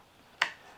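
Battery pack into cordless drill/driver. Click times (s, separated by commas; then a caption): 0.4 s. A Ridgid cordless drill battery pack is lined up on its guides and pushed onto the drill/driver. A single sharp snap sounds at 0.4 s as it latches, and the battery is seated.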